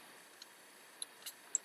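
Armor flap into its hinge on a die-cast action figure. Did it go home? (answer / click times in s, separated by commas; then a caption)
yes / 1.5 s. An armor flap on a die-cast collectible action figure is lifted to its full extent into its hinge, and faint ticks at 0.4 and 1.0 seconds lead to a sharp click at 1.6 seconds. The flap seats with that click.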